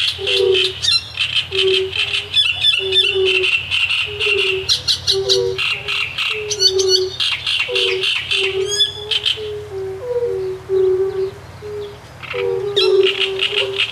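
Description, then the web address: Great reed warbler singing long stretches of loud, scratchy chattering with staccato notes, over a chorus of low, short, repeated toad calls. With fire-bellied toads. "Ptaki Trzciniak i Kumaki"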